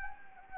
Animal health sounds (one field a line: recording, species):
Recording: mosquito wingbeat signal from an infrared sensor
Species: Anopheles gambiae